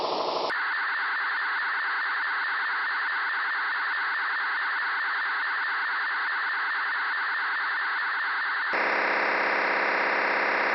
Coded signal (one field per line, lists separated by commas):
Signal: SSTV (slow-scan television)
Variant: Scottie 1